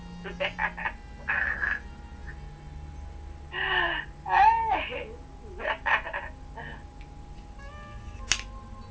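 A frog croaks in a run of short, buzzy calls with irregular pauses, some notes longer and warbling, ending with a brief, higher-pitched chirp.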